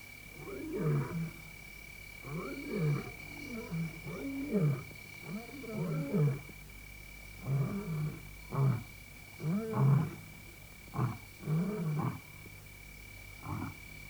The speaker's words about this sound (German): Das war noch weit weg. Schwer zu schätzen. Löwenstimmen tragen deutlich über eine Entfernung von 8 Kilometern.